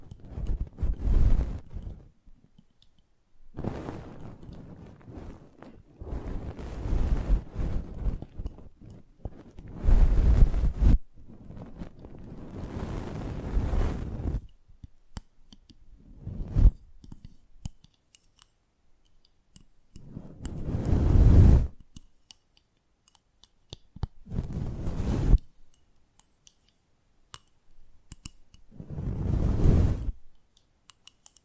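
Close-up ASMR mic treatment: bursts of scratching, brushing and rubbing, each lasting one to three seconds, separated by short silences. The strokes are thick and boomy with a bright hiss on top, and scattered small clicks and taps fall between them.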